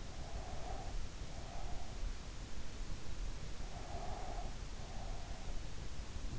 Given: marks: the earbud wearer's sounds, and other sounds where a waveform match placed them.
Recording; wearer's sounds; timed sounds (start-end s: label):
sounds in sleep by an in-ear microphone; breath
0.13-1.92 s: breath
3.80-5.52 s: breath